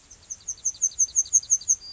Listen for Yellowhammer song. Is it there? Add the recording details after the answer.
yes. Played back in grassland. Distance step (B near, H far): D. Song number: 007